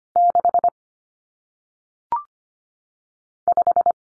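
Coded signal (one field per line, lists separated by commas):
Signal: Morse code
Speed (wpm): 25 wpm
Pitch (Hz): 700 Hz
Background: none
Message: 6 5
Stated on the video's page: Single-digit numbers sent in Morse at 25 wpm for head-copy practice, each sent, spoken, then sent again.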